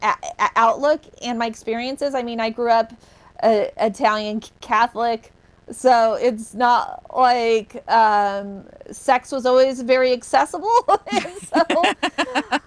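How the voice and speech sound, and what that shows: An adult woman speaks in a fairly even, clear voice. Phrase starts show brief silent glottal catches, and a drawn-out hesitation sound precedes one phrase. These mild blocks and stretched sounds fit stuttering, a fluency disorder that interrupts the flow of speech.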